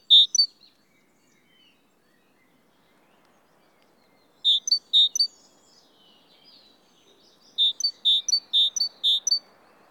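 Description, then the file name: Great tit song of bright, high two-part notes: one phrase, a long pause, two phrases, another pause, then a run of four quick repeats. "Parus major"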